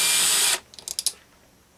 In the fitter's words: Okay, that one's stripped out.